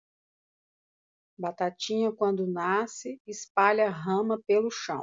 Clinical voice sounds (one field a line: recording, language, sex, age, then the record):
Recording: short text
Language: Brazilian Portuguese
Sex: female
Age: 50 to 59 years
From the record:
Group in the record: control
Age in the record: 54 years